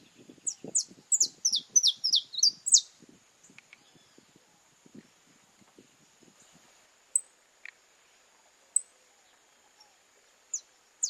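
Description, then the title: Belgian canary song: a brief burst of high falling notes, then occasional isolated high chirps, with low soft knocks in the background. "Canto Do Canário Belga Puro"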